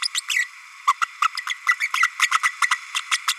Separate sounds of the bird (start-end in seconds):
0.01-0.08, 0.14-0.21, 0.29-0.48, 0.87-0.93, 1.01-1.05, 1.21-1.28, 1.48-1.54, 1.66-1.76, 1.80-1.88, 1.94-2.07, 2.19-2.29, 2.31-2.39, 2.43-2.52, 2.94-3.02, 3.11-3.17, 3.27-3.34